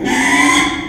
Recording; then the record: squeal of a Yucatan mini pig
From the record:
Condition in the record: after surgery on the right vocal fold (resection and tissue-engineered implant); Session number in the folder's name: 3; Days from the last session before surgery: 33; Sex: male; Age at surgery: 12 weeks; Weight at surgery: 13 kg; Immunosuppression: cyclosporine, prednisolone